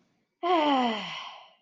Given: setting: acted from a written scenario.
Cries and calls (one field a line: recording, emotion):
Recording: vocal sound without words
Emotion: shame